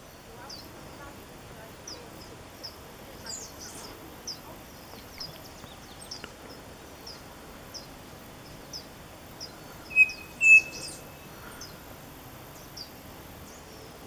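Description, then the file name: Bird song of many faint, thin high chirps, with a clear two-part whistle near the end. "SABIOD 50 bird 2015"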